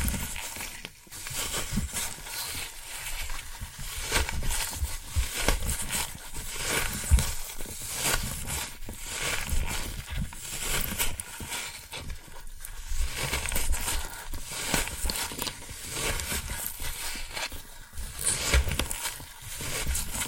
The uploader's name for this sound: Floral Foam Sounds